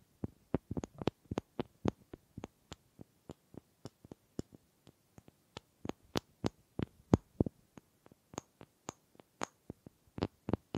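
Wooden triggers produce sharp, dry taps and clicks, irregularly spaced and fairly dense, some in quick clusters, over near silence.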